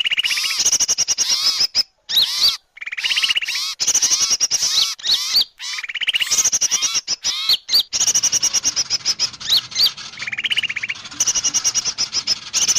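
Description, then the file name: Birds in a busy mixed chorus: curving whistled notes, rattling trills and high chatter, with sharp cut-offs and a faint low hum later. Lure recording, 'pikat 1000 burung', a lure presented as the calls of a thousand birds. "pikat 1000 burung"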